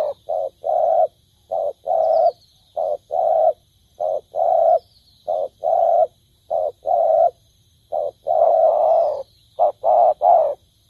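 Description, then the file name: Spotted dove with continuous mellow coos in short and drawn-out notes, while thin high descending whistles from another bird sound faintly a few times. Cooing (Vietnamese: gáy). "tieng cu dat gay"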